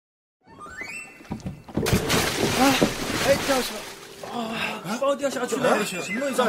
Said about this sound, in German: Zwei der Kulis hatten einen Ballen in das trübe Wasser fallen lassen.